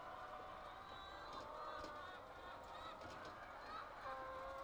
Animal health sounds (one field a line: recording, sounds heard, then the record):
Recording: poultry house recording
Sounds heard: healthy chickens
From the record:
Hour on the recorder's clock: 8